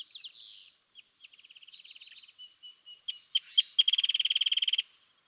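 California thrasher song: soft chattering notes and a quieter trill, building to a louder, fast, even trill near the end.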